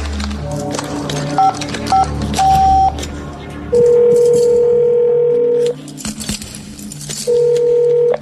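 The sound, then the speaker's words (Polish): Telephone keypad tones from a call to a police station's automated phone menu: two short electronic beeps and a slightly longer one, then a long steady tone and another held tone, all over a busy, clattering background. “Jeśli do nas dzwonisz, oznacza to, że najprawdopodobniej potrzebujesz nagłej pomocy.”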